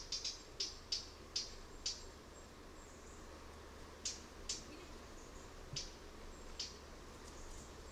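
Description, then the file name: Eurasian blackcap giving hard, clicking tac calls, several in quick succession, then scattered single clicks after a pause, over a low steady background hum. "Sylvia atricapilla"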